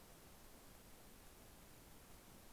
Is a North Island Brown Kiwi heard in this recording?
no